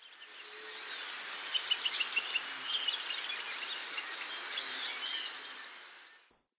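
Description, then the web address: Red-faced spinetail chatter: a dense, high-pitched run of rapid sharp notes that swells and then fades over several seconds. Recorded in Ecuador. "Natures Songs S America Birds of Ecuador Red-faced Spinetail"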